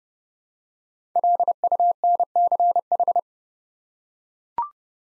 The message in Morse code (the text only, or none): LUNCH